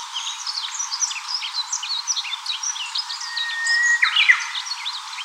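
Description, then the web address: Japanese bush warbler song: a held, even whistle about a second long breaking into an abrupt burst of notes, over constant thin chirping and twittering of other birds. "birdenaga uguisu mejiro"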